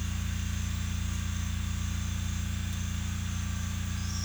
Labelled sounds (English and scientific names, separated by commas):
none